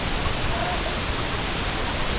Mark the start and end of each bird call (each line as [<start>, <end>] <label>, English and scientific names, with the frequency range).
[0.47, 0.84] Brent Goose (Branta bernicla) (0.3-2.0 kHz)